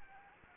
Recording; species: mosquito wingbeat signal from an infrared sensor; Anopheles gambiae